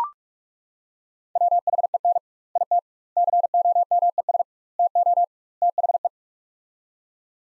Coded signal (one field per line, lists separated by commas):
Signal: Morse code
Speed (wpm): 41 wpm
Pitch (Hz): 700 Hz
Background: none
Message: WHEN IT COMES TO THE